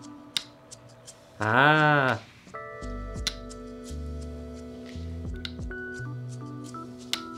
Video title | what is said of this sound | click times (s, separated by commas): Sank Faded Away Blues - Sank Toys | there's a magnetic snap on that other foot wow | 0.4 s